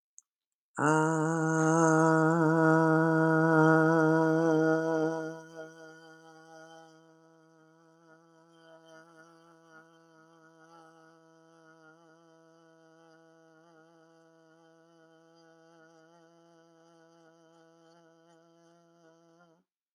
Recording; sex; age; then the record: vowel held as long as possible; female; 60 to 69 years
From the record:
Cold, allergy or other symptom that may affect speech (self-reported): no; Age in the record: 66 years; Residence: Texas, United States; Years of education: 18